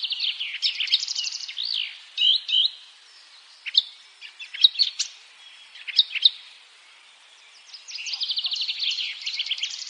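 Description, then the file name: Eurasian blackcap song: a fast buzzy trill, then scattered sharp notes and short warbled phrases, ending in another quick rattling trill. "Sylvia atricapilla"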